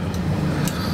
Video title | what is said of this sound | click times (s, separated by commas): BMW Fuel Pump Replacement E90 3 Series E39 5 Series 528I 328I M5 M3 | There, you hear that little click? So now it's in there. | 0.7 s